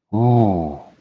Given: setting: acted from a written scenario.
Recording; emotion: vocal sound without words; awe